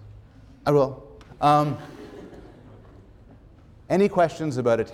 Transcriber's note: laughter